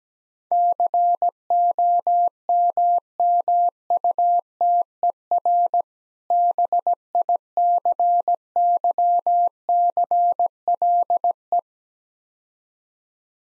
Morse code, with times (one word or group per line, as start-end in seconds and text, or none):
0.5-5.8 COMMUTER
6.3-11.6 BICYCLE